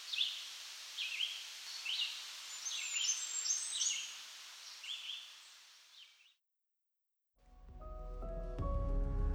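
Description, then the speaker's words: Blackburnian Warbler song, a rapid series of very high, thin phrases that fades out before a brief silence and then music. Male; rapid, high-pitched song sounding like 'tisa, tisa, tisa'; species found high in the canopy of mixed forests in parts of eastern North America. "The male's songs are rapid and high-pitched, such as this song that sounds like Tisa, Tisa, Tisa."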